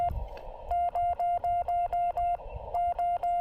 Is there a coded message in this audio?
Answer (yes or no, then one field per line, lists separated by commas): no